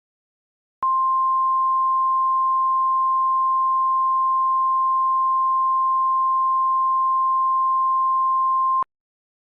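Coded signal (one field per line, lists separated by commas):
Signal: Emergency Alert System (SAME) tones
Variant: 1050 Hz attention tone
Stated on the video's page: Fictional EAS scenario about a cataclysmic solar flare, with voice actors.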